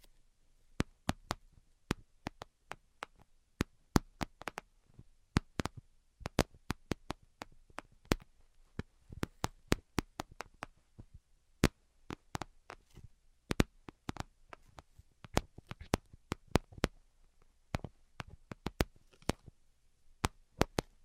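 Sharp, crisp tapping sounds arrive in irregular bursts throughout, sometimes single clicks, sometimes quick clusters of two or three. Each tap is short and bright, spread from low thumps to high ticks, with silence and a faint low hum between them.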